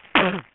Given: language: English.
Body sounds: throat vibration sensor signal played as sound; cough

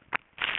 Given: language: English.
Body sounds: throat vibration sensor signal played as sound; swallow

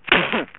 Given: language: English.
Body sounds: throat vibration sensor signal played as sound; cough

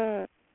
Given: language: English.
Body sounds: throat vibration sensor signal played as sound; speech

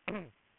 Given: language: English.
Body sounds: throat vibration sensor signal played as sound; throat clearing

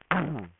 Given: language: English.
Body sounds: throat vibration sensor signal played as sound; throat clearing

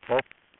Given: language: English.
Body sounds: throat vibration sensor signal played as sound; speech

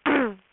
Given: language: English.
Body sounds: throat vibration sensor signal played as sound; throat clearing

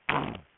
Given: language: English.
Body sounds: throat vibration sensor signal played as sound; throat clearing

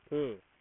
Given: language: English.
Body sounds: throat vibration sensor signal played as sound; speech

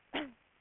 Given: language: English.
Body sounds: throat vibration sensor signal played as sound; cough

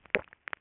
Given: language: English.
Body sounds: throat vibration sensor signal played as sound; swallow

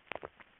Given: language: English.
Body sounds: throat vibration sensor signal played as sound; swallow

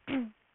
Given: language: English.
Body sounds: throat vibration sensor signal played as sound; throat clearing

